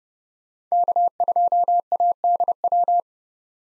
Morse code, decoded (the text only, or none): K2ADW